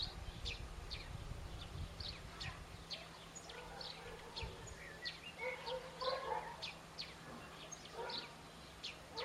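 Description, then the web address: Bird giving sharp, high chip notes repeated throughout, with lower mid-pitched calls in the second half over steady low noise. "Bird Only"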